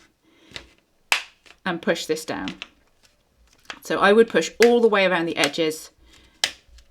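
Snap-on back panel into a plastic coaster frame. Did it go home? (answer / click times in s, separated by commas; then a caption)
yes / 6.4 s. The plastic back panel of a cross stitch coaster is pressed down around its edges until it snaps into the plastic coaster frame, and it clicks into place mostly at the corners. Someone talks, and a sharp click sounds at 6.4 s as the back panel seats.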